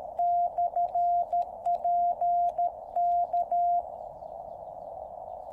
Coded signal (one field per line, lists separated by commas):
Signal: Morse code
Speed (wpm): 13 wpm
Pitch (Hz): 700 Hz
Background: none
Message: /P K